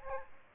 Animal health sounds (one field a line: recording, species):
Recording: mosquito wingbeat signal from an infrared sensor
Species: Aedes aegypti